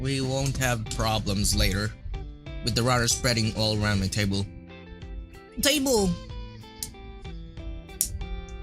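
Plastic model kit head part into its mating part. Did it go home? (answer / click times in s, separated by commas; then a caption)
yes / 8.0 s. Plastic Gunpla head parts from an HG Unicorn kit are pressed together by hand, seating with a sharp snap at 8.0 s. Before it, someone talks over background music.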